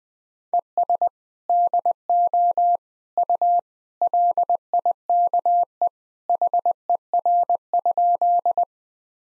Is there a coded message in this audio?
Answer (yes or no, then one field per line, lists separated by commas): yes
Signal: Morse code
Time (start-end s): 0.5-8.6 s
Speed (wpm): 20 wpm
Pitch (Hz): 700 Hz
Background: none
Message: ES DO U LIKE HER?